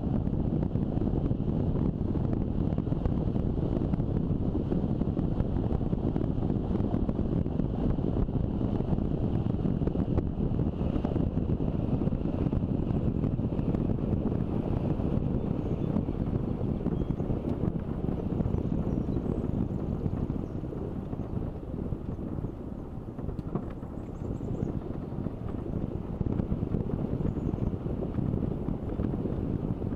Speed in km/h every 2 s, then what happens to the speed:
34, 34, 34, 34, 33, 30, 29, 27, 25, 23, 22, 22, 22, 21, 22.
0-8 steady at about 34. 8-20 slows to 22. 20-30 steady at about 22.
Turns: none.